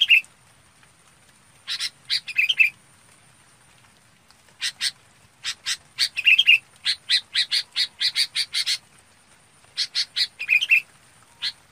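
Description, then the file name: Red-whiskered bulbul calls: bursts of short harsh chirps, including a long quick run of notes, with a few clearer whistled notes and a faint steady high whine throughout. Chào mào bông calling to gather the flock. "Tieng chao mao bong goi bay"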